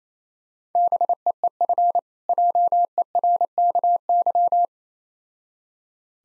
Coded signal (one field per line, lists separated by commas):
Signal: Morse code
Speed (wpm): 29 wpm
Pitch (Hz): 700 Hz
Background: none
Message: BEEF JERKY